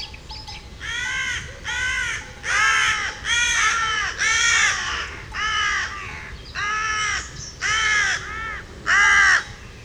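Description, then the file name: Carrion crow cawing: a series of harsh, hoarse caws, each about half a second long, given roughly once per second. "Corvus corone"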